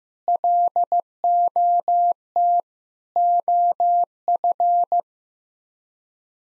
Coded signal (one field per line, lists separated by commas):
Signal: Morse code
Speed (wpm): 15 wpm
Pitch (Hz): 700 Hz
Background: none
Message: LOT OF